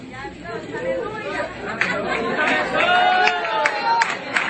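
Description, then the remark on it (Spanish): Weak, scattered applause from an audience during a sermon: a few uneven claps pop out over a steady murmur of crowd chatter, never building into full clapping. “Mire los aplausos que aguadito, de gloria sea Dios.”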